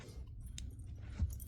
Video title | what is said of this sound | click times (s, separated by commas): Yardsale ski poles, is it the next best thing in skiing accessories up and coming? | So, you throw your powder baskets on here. They snap right in place. | 0.6 s